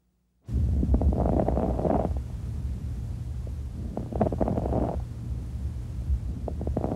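Bursts of brief, fine crackling clicks recur with each breath, about every three and a half seconds, over a steady low stethoscope rumble, heard over an adult chest. These are fine crackles, the small popping sounds of collapsed small airways snapping open during inspiration.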